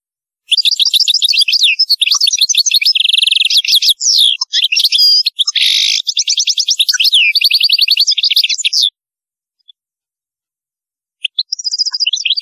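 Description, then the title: European goldfinch song: a long, rapid, nearly continuous twitter of high tinkling notes mixed with buzzy, nasal trills, lasting about eight seconds, then after a pause another short phrase. "Chant Chardonneret"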